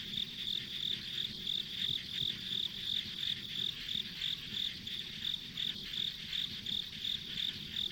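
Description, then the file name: Insect calling in rapid regular high pulses, roughly three per second, over a continuous shrill buzz and a soft low hum. Ambient insect sounds recorded along a rural country road. "田舎道の虫の環境音"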